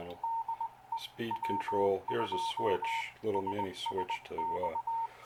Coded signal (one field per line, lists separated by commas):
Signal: Morse code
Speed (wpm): 20 wpm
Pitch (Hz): 910 Hz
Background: speech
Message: DE W2SSX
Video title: WA3JJT QSO on 40 CW Homebrew Rig